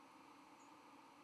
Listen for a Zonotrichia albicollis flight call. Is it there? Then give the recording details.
no. Another species' flight call is heard. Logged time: 07:55 on 31 October 2014